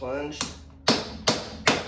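Someone talks while a drive axle shaft is plunged and tapped into the differential of a 2020 RZR Pro XP UTV during an HCR 72" long-travel conversion kit install. Three sharp, loud taps ring out at about 0.9, 1.3 and 1.7 seconds. The axle has not yet snapped home, and nothing has seated or clicked.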